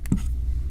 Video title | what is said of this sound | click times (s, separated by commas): Spigen Tough Armor XP - iPhone XS / iPhone XS Max / iPhone XR | Snaps back into place, so let's do the shake test. | 0.1 s